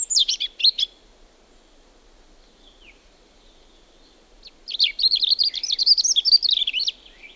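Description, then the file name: European robin song. A brief twittering phrase opens, then after a pause comes a long, rapid, warbling run of high thin notes. "punarind"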